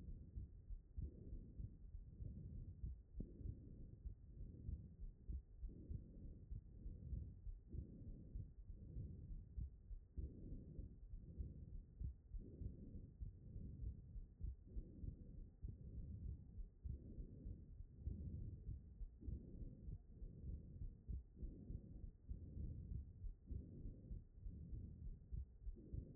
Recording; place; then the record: heart sounds by stethoscope; pulmonary valve (PV)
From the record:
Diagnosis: HFrEF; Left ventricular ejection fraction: 17%